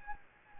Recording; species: mosquito wingbeat signal from an infrared sensor; Anopheles gambiae